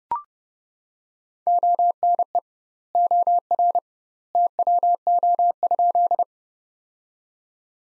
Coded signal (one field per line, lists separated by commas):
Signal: Morse code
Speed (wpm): 31 wpm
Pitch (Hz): 700 Hz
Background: none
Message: ONE OR TWO?